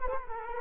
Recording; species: mosquito wingbeat signal from an infrared sensor; Culex quinquefasciatus